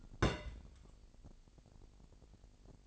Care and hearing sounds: daily activity, microphone in the room; place on stove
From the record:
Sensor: 5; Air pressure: 1002.0 hPa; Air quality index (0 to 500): 287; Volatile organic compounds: 50 ppm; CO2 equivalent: 3296 ppm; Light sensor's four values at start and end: 20/43/19/21 and 20/43/19/21

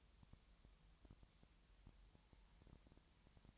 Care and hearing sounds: daily activity, microphone in the room; no activity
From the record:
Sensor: 3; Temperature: 20.6 degrees Celsius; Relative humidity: 34.7%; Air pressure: 1007.2 hPa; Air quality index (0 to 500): 137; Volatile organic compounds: 3 ppm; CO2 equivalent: 1527 ppm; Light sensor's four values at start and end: 2/3/2/2 and 2/3/2/2

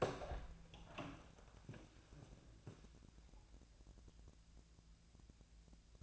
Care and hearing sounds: daily activity, microphone in the room; open door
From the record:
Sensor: 2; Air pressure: 1000.3 hPa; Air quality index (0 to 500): 163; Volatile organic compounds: 3 ppm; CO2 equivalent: 1359 ppm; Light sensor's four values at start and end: 10/24/10/11 and 10/24/10/11

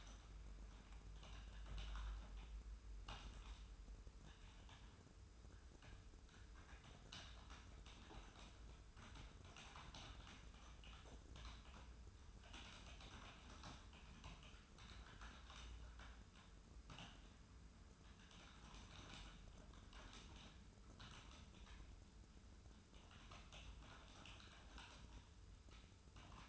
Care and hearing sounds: daily activity, microphone in the room; typing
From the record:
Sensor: 2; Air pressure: 994.3 hPa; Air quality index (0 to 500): 210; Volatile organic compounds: 1000 ppm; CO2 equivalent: 6917 ppm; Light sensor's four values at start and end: 57/133/57/58 and 53/124/53/54

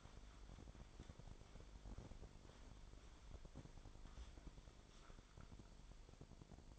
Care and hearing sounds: daily activity, microphone in the room; wipe stove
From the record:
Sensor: 5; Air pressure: 1003.5 hPa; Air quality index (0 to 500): 147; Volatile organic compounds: 2 ppm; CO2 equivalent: 1071 ppm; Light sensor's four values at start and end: 39/88/39/45 and 38/85/38/43

